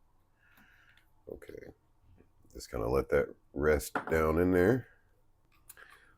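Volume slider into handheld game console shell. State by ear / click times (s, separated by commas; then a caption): seated / 5.7 s. A small plastic volume slider is set down into its slot in a New 2DS XL handheld game console shell and pressed home while someone talks. A sharp click at 5.7 s marks it snapping into place, seated and tight.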